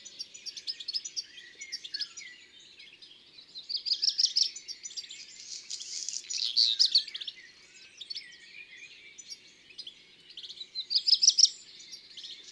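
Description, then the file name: Black redstart song: brief high warbled phrases broken by a dry, crackling scratchy burst, the sequences recurring every few seconds over a quiet background. "Rougequeue noir ABC des chants doiseaux"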